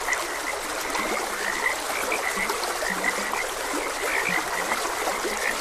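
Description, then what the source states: Frogs croak in an overlapping chorus with several clear low croaks, backed by continuous stream water. Frogs croaking beside a gentle stream.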